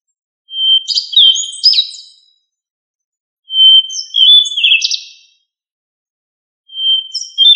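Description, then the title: Thrush singing three phrases, each opening with a steady high whistle and then breaking into quick warbled, slurred notes, with silent pauses between phrases. "Familia Turdidae - Sabia"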